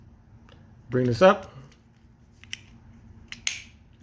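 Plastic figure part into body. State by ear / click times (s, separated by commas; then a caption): seated / 3.5 s. Someone talks briefly while transforming a plastic Transformers WFC Trilogy Wheeljack toy figure, bringing a part up into the body. A few faint plastic ticks follow before the part locks into place with a sharp click at 3.5 s, seating it.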